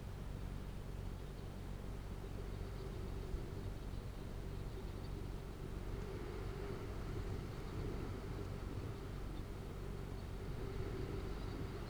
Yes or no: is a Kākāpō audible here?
no